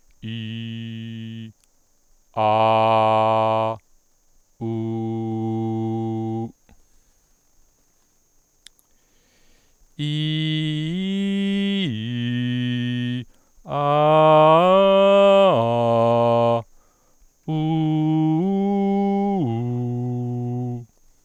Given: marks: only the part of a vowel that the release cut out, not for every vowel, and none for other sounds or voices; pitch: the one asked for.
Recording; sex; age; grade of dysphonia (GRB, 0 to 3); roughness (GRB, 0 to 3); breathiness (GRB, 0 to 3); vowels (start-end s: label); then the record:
sustained vowels; male; 40 to 49 years; 0; 0; 0
0.33-1.40 s: vowel /i/, low pitch
2.50-3.63 s: vowel /a/, low pitch
4.79-6.25 s: vowel /u/, low pitch
10.10-13.04 s: vowel /i/, low-high-low pitch
13.86-16.44 s: vowel /a/, low-high-low pitch
17.61-20.59 s: vowel /u/, low-high-low pitch
From the record:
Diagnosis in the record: healthy voice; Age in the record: 44 years